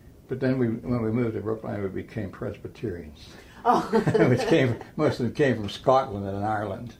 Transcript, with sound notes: But then we -- when we moved to Brookline we became Presbyterians. (both laugh) Which came - most of them came from Scotland and Ireland.